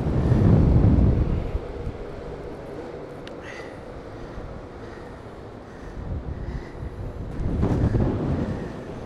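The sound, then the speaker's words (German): Heavy wind buffets the microphone in loud, low rumbling gusts outdoors while people set off to find a geocache, swelling strongly at the start and again near the end, with a steady roar between. “Ja, es ist eine ganze Menge Wind, wie ihr das alle merkt. Hier geht's richtig ab.”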